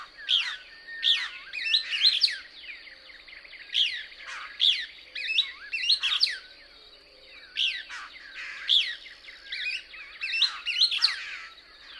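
Couch's Kingbird song of rapid, high, buzzy twittering notes sweeping up and down, phrases repeated almost continuously with brief gaps.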